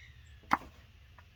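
A spark plug wire boot is pushed onto the spark plug terminal of a 1986 Dodge Ramcharger. A single sharp snap at 0.5 s marks it seating over the tip, followed by a faint tick near 1.2 s against low background hum. The boot is seated.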